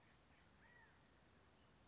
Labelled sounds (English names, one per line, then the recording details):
California Quail
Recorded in Sonoma County, California